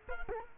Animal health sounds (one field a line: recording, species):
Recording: mosquito wingbeat signal from an infrared sensor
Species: Culex quinquefasciatus